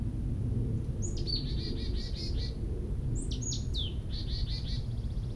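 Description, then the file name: Marsh tit calling twice, each a thin high sneezy note followed by a quick series of buzzy, nasal repeated notes, with a constant low rumble underneath. "Poecile palustris"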